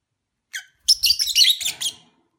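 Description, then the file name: Lovebird chattering in a rapid, scratchy run of high squeaks after one brief opening chirp, lasting about a second before stopping. Lovebird sounds recorded during a mating ritual. "suara ritual kawin lovebird omkicau"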